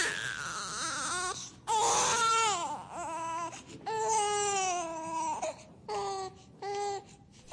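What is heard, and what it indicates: An infant cries in repeated wailing bursts, about one to two seconds each, with a clear high-pitched voice that rises and falls within each cry and short breaths between. This is a typical crying spell.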